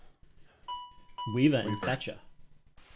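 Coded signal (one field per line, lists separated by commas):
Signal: none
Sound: doorbell chime in game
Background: speech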